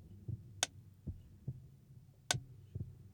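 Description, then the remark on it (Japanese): A quiet, steady heartbeat of soft, low thumps repeating at an even pace, with two brief sharp clicks cutting through. No voices. “心臓の鼓動が規則正しく聞こえる。”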